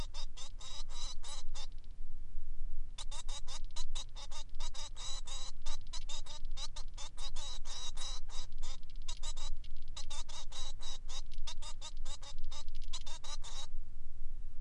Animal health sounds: song of a male Bengalese finch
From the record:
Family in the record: son of father 3

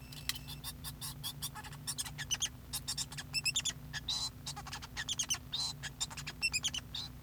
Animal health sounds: song of a male Bengalese finch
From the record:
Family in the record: son of father 2

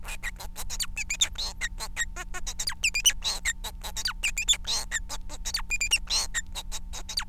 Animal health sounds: song of a male Bengalese finch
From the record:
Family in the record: son of father 4

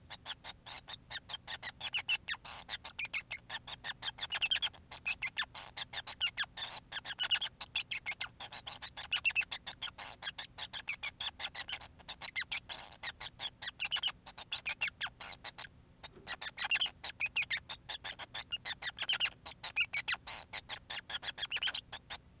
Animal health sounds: song of a male Bengalese finch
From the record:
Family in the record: son of father 5

